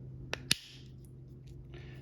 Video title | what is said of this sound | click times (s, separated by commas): Honda Civic Key Fob Battery Replacement - SmartKey remote | And you're going to have to hold it together until you hear it snap together. | 0.3 s, 0.5 s